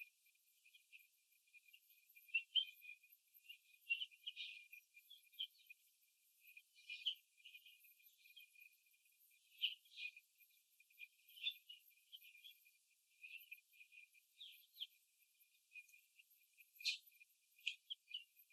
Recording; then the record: young laying hens in a cage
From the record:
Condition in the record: before the stressor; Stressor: simulated dog barking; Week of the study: 2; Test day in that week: 3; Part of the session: 2